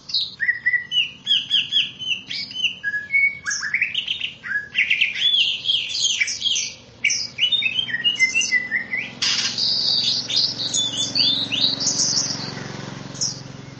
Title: KICAU BURUNG CUCAK IJO